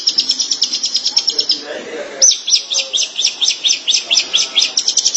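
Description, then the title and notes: Shrike song: quick rattling high notes, a brief pause, then a louder run of sharp repeated notes. "Suara burung pentet"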